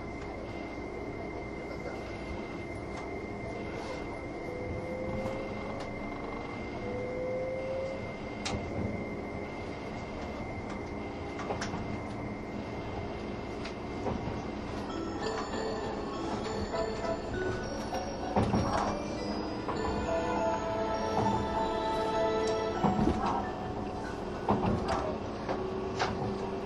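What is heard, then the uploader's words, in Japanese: Running sound aboard the Spacia X limited express: a steady low rumble of wheels on rails with a constant faint whine near the top. Sharp clacks and thumps recur throughout, and after about fifteen seconds squealing tones and rattling grow busier and louder. 東武N100系 スペーシア07号 01/01:浅草～鬼怒川温泉。その車両の最長運用となる特急＂スペーシアＸ07号＂の列車走行音。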